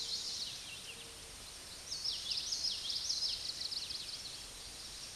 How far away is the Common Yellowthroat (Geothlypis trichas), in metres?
about 35 m